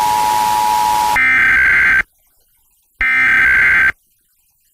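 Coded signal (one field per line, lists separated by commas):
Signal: Emergency Alert System (SAME) tones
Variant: header bursts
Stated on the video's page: National EAS test heard while scanning the FM broadcast band in Las Vegas.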